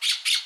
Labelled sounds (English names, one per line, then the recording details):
Brown-throated Parakeet contact call
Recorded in Aruba
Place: Cunucu Arikok, S side of Ceru Arikok
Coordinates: 12.502, -69.950